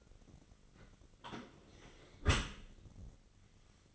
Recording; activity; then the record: daily activity, microphone in the room; close dishwasher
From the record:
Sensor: 4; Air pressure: 1003.9 hPa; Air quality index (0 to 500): 154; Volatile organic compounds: 2 ppm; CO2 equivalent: 1090 ppm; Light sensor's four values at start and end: 26/63/26/29 and 28/67/28/30